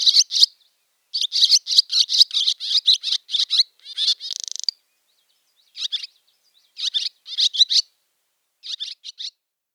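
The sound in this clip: Barn swallow song: a long run of bright, chattering chirps ending in a dry buzzy rattle, then scattered short twitters with pauses.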